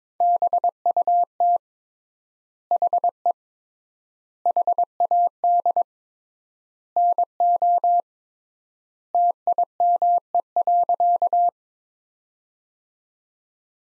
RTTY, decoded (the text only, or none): none